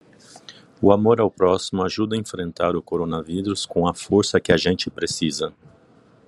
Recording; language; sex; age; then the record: spoken sentence; Brazilian Portuguese; male; 40 to 49 years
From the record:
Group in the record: control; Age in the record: 49 years